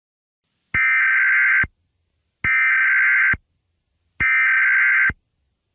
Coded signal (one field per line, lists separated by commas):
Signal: Emergency Alert System (SAME) tones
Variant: header bursts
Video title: EAS Scenario #9.5: Caillou Error